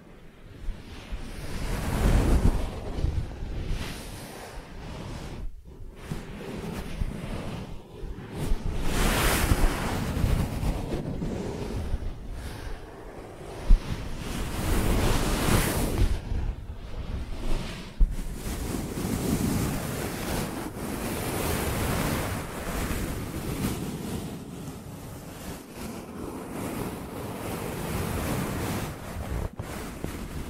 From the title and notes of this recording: ASMR 3D Ear Massage that Penetrates Your Brain (No Talking).